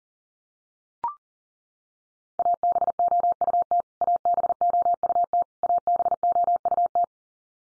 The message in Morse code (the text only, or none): ABOUT ABOUT ABOUT